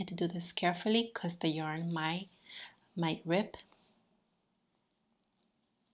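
A yarn tie is carefully pulled into the center groove of a plastic Clover extra-large pom pom maker, handled gently so the yarn doesn't rip. Someone talks over soft handling sounds, then it goes quiet. Nothing has seated or clicked yet.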